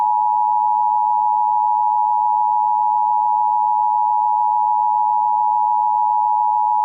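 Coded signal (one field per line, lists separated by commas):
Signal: Emergency Alert System (SAME) tones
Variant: 853 and 960 Hz attention tone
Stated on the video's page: Real Required Monthly Test tones from Orange, California, re-uploaded from original audio.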